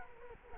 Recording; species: mosquito wingbeat signal from an infrared sensor; Culex quinquefasciatus